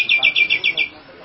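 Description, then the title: Nias hill myna uttering six quick bright chipping notes in a short even series. "Jalak Nias"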